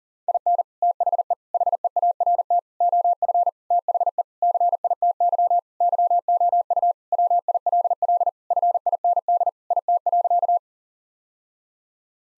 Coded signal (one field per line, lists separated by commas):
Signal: Morse code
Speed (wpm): 40 wpm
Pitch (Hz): 700 Hz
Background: none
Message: IN THE HEART OF THE CITY YOU WILL FIND IT.